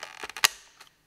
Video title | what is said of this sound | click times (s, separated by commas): #4 - Yuneec Typhoon H - Der Copter im Detail (deutsch/german) | hört man schon da eingerastet ja ja von selbst | 0.4 s